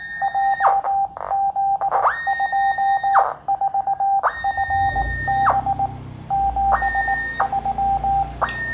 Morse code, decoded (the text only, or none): JZ24FB 73